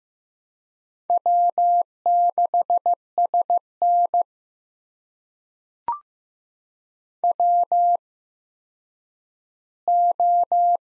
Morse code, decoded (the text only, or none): W6SN WO